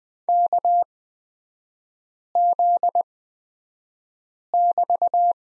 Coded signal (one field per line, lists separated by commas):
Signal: Morse code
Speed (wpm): 20 wpm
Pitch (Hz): 700 Hz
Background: none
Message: KZ<BT>